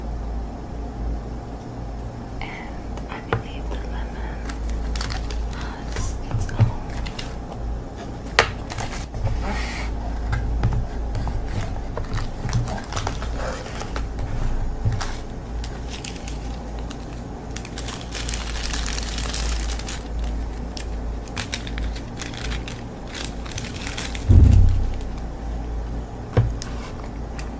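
Slime being played with, heard as scattered soft squishes, pops and crinkly bits over a steady low hum. The handling is irregular, with a denser crackly stretch around 19 seconds and a single louder thump near 24 seconds.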